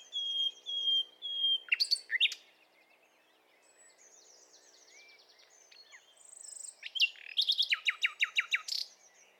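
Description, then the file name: Common nightingale song in two phrases: whistled notes and sharp strokes first, then after a quiet gap a fast series of descending clicky notes; other birds whistle faintly. "Luscinia megarhynchos"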